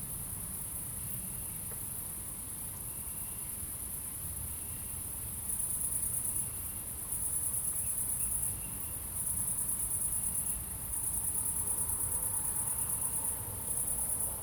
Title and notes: 69610 Aveize, France - Grillons - Crickets. Grillons la nuit, quelques voitures dans le lointain